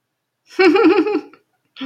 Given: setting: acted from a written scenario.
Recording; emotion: vocal sound without words; elation